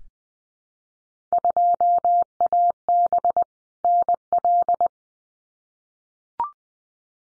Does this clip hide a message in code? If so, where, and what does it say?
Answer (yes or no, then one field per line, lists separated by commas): yes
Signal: Morse code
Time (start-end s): 1.3-4.9 s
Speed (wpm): 20 wpm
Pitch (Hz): 700 Hz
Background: none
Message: 2AB NL